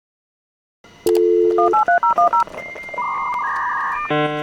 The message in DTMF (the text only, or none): 183010